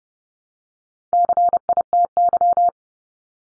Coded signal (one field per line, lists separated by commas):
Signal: Morse code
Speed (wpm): 30 wpm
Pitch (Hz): 700 Hz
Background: none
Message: CITY